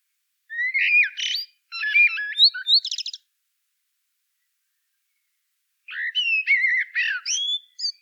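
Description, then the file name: Common blackbird song in two phrases several seconds apart, each mixing mellow whistled notes with rapid, scratchy high twittering and squeaks; no other sounds. "Turdus merula"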